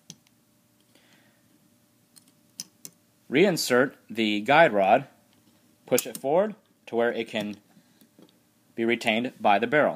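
During reassembly of a Taurus 24/7 Pro pistol, the metal barrel is inserted nose first into the slide and slid back, and it locks into place with a sharp click at 0.1 s. A few faint ticks follow around 2.6–2.9 s, then someone talks. The barrel is seated in the slide.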